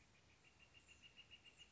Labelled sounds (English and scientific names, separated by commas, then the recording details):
Northern Flicker (Colaptes auratus)
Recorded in Sonoma County, California